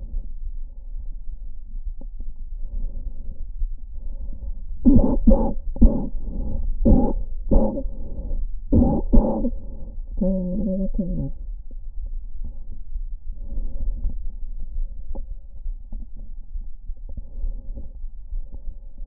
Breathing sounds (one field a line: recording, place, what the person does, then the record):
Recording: lung sounds by stethoscope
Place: left anterior apical chest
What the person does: quiet breathing, then cough and speech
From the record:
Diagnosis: asthma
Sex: female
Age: 77 years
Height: 160 cm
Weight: 68.7 kg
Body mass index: 26.6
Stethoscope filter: diaphragm mode